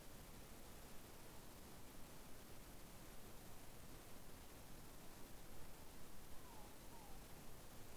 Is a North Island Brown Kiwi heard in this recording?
no